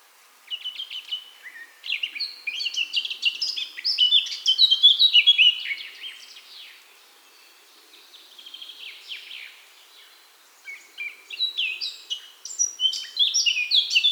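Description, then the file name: Eurasian blackcap song: a scratchy warble swelling into loud fluting whistles, a quieter stretch, a brief pause, then another whistled phrase. "Sylvia atricapilla"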